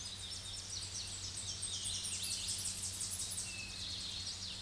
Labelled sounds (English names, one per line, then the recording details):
Tennessee Warbler song
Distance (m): 35 m
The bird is about 10 m above the microphone
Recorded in a Pennsylvania forest on 16 May 2024 at 07:57
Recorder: AudioMoth, point MSD-0661
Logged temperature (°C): 15.8 °C
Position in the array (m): 31 m, 128 m